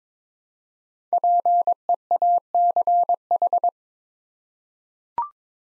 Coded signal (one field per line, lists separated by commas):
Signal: Morse code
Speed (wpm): 22 wpm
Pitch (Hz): 700 Hz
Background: none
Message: PEACH